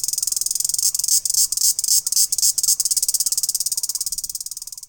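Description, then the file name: Crickets make a dense, shrill, fast-pulsed buzzing that runs without pause, the pulses briefly breaking up midway, while faint quiet chirps sound underneath. Recorded in Laos. "ritsikas Laoses"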